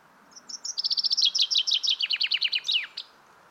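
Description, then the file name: Common chaffinch song opening with a few thin introductory notes, then a fast repeated trill stepping downward and closing in an emphatic flourish. "Fringilla coelebs"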